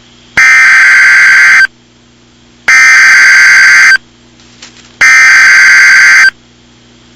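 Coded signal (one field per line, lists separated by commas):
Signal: Emergency Alert System (SAME) tones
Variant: header bursts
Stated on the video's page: Mock blizzard EAS scenario based on a real event: blizzard watch, blizzard warning, civil emergency message and civil danger warning alerts.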